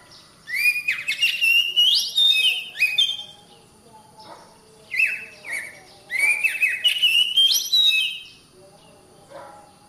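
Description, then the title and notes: Oriental magpie-robin song in three phrases of rising and falling whistles with rough, buzzy notes, separated by short quiet gaps. "suara kacer. suara burung kacer"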